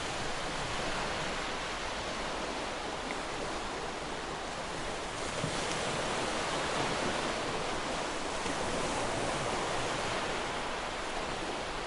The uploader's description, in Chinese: 海浪流動的聲音